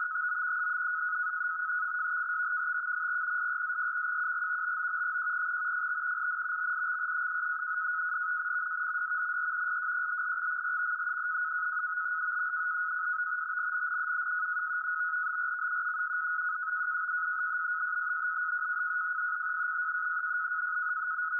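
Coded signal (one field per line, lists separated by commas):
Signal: NAVTEX (SITOR-B)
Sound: steady fast chirping warble of two close tones around 1.4 kHz, unbroken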